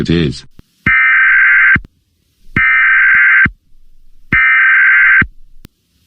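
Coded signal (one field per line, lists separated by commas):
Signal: Emergency Alert System (SAME) tones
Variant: header bursts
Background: speech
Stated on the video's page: Fake EAS alert in a fictional prank story.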